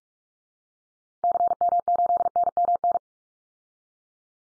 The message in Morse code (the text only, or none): CM8NMN